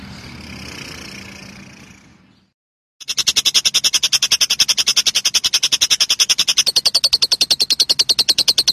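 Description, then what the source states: Lovebird: faint hiss at first, a brief hush, then a lovebird bursts into a long, fast rattle of shrill, evenly repeated notes. Song style called konslet.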